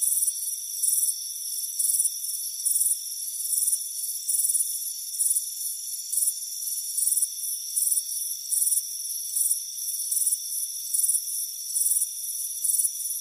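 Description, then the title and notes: Cricket chirps in clipped high bursts at a steady pace, set against a continuous whining insect chorus. Crickets chirping on a front porch on a warm afternoon. "Soothing Crickets Chirping Sound. It's a warm afternoon as you relax in a hammock on the front porch"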